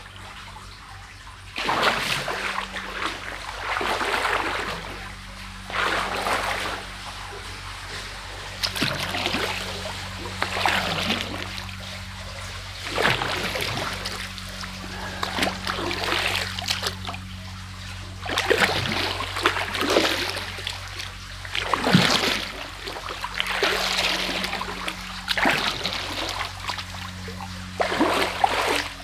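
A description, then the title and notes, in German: On a walk across an island, the sea rushes in repeated surges, each wash swelling and breaking every few seconds with a bright hiss of spray. Beneath it runs a steady low hum, like an engine or machinery. Immersive Binaural 3D Audio: Sounds of Huvafen Fushi auf dem Malediven. Soundwalk über die Insel mit dem allgegenwärtigen Rauschen des Meeres als Begleiter.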